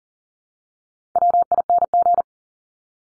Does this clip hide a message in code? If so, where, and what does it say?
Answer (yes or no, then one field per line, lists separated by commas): yes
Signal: Morse code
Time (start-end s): 1.2-2.2 s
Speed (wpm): 40 wpm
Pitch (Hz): 700 Hz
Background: none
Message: WING